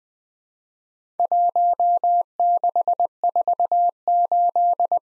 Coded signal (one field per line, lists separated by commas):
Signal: Morse code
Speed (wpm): 20 wpm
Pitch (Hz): 700 Hz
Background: none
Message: 1648